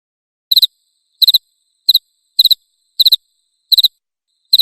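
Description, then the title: Cricket chirping in short triple-pulsed bursts, high and bright, repeated roughly every two-thirds of a second with silent gaps between. Loud cricket chirping meant to make a lovebird keep singing (ngekek). "Suara JANGKRIK NGERIK Keras Bikin LOVEBIRD Jadi NGEKEK Terus Vubey"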